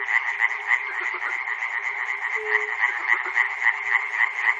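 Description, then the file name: Frogs calling in a dense chorus, a continuous rapid croaking pulse about three to four times per second, with a brief lower tone near the middle. Recorded at Chernobyl. "peter cusack-chernobyl frogs"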